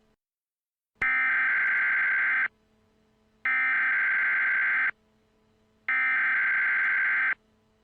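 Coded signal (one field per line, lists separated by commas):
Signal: Emergency Alert System (SAME) tones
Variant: header bursts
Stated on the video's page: Fictional mock EAS alert made for entertainment; the tones are not valid EAS tones.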